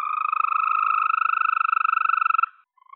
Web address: Green Toad